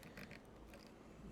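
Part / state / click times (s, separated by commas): motherboard power cable into motherboard connector / not seated / none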